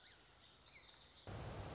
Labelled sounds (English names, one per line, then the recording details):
Song Sparrow
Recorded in Sonoma County, California